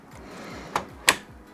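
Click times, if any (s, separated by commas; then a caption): 1.1 s. A large graphics card is pushed down into a motherboard's PCIe x16 slot until the slot retention latch clicks. A softer tap at 0.8 s is followed by a sharp, solid click at 1.1 s, and the card is seated.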